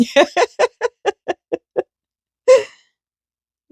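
A cast resin piece is tried on the body of a 3D Christmas ornament and does not go on. A series of short laughing bursts runs to about 1.8 s, then someone talks near 2.5 s. Nothing has seated or clicked, and the piece fails to fit.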